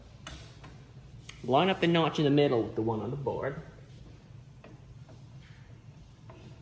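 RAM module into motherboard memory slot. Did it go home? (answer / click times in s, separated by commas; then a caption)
no / none. A RAM module is lined up by the notch in its middle with the one in the motherboard memory slot while someone talks, with a few faint ticks and handling sounds around it. The module has not clicked into the slot yet, and nothing has seated.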